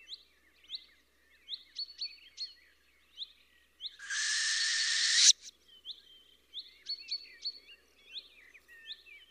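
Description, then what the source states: Owl screech: one harsh, hissing screech lasting over a second near the middle, with many thin, high chirps before and after. Fierce call.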